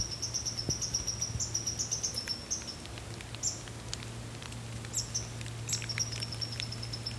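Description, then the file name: Chipmunk calling in short bursts of high, quick chips separated by pauses, over the steady patter of rain. Recorded in the rain, 6 November 2016. "chipmunk in the rain 20161106"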